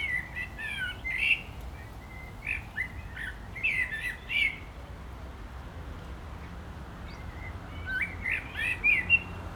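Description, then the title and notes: Common blackbird song: clear warbled phrases, rich and fluting, broken by pauses and ending in high squeaky flourishes, over only faint background hum. Singing in a barranco at Agaete, Las Palmas, Spain; cars on a road nearby; recorded with DPA-2006c microphones in AB position into a MixPre-3. "Agaete, Las Palmas, Espagne - Blackbird singing in the barranco. Un merle chante dans le barranco, voitures sur la route pas loin"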